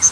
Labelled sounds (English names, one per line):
Chestnut-sided Warbler flight call